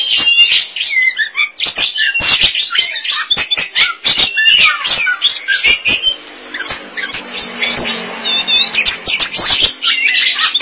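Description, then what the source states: Oriental magpie-robin song: a rapid, varied stream of sharp chirps, trills and whistled notes, high-pitched and nearly continuous, with fast clicking notes between phrases. Chirping song (kicauan) of the bird.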